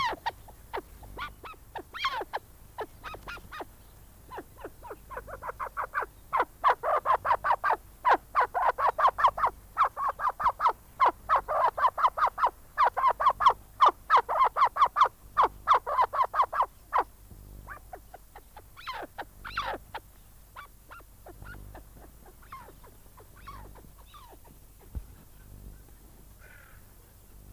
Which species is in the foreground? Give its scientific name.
Alectoris melanocephala